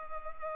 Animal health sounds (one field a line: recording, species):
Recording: mosquito wingbeat signal from an infrared sensor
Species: Culex pipiens